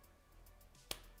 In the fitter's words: ah there we go satisfying snap